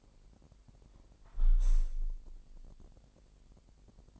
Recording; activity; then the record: daily activity, microphone in the room; close window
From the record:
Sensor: 5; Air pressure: 1000.4 hPa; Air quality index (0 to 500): 248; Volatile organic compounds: 35 ppm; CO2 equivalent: 3057 ppm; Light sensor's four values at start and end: 34/78/31/29 and 34/78/31/29